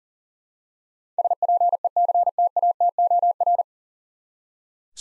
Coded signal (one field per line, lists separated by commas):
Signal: Morse code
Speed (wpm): 40 wpm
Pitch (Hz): 700 Hz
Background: none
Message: SPECTATOR